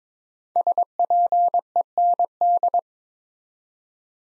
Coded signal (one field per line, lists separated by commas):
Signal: Morse code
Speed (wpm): 22 wpm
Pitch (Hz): 700 Hz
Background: none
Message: SPEND